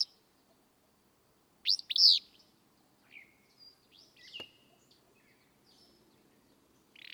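Willow flycatcher giving one explosive, buzzy two-note phrase early on, followed by scattered thin chips and whistles and a brief click.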